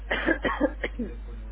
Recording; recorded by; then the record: voluntary cough; telephone call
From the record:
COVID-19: positive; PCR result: checked with the laboratory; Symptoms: yes